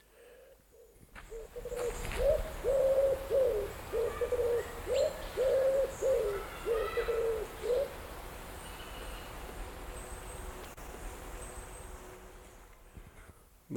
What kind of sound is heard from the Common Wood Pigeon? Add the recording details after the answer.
call. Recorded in the wild. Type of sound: call, call sequence. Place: Eutin, Holsteinische Schweiz, Schleswig-Holstein, DE. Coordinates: 54.132, 10.614. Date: 1992-09-16 11:15. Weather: heiter, 15-19°C. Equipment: Marantz CP 430, Sennheiser ME 80, Kopie Tesla B 116. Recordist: Tembrock, Günter. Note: Eutiner See; Lautfolgen